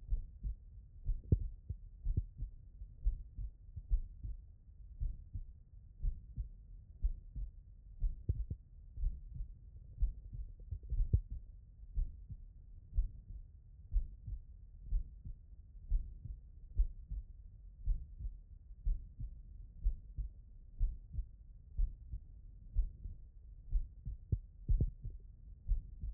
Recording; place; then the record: heart sounds by stethoscope; tricuspid valve (TV)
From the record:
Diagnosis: non-HFrEF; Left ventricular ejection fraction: 66%